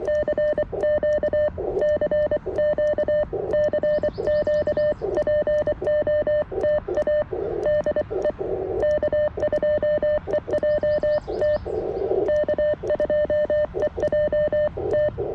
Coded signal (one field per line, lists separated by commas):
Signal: Morse code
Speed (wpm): 24 wpm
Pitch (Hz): 590 Hz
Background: none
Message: CQ CQ CQ POTA DE K2EJT K2EJT